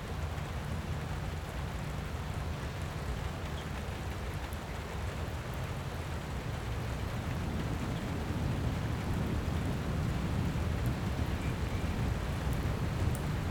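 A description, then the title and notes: Light rain falls steadily in a dense, even patter, with a low rumbling undertone throughout. Around eight seconds the low end swells and the rain grows slightly heavier and fuller, holding there to the end, with occasional faint bright ticks from single drops. A Light Pleasant Rain.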